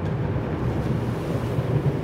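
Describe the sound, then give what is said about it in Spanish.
Wind rushes over the sea in a steady, low rumbling roar, with the wash of waves blended into the continuous noise and no voices or distinct breaks throughout. “Volcanes, tormentas, huracanes, mar, aire, animales.”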